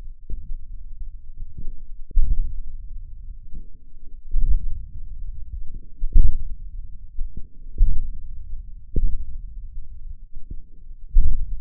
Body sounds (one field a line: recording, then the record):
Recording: forearm muscle sounds (acoustic myography)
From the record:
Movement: hook grip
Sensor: system 1, eight BSWA MPA416 microphones around the upper forearm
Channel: 8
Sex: male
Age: 28 years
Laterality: right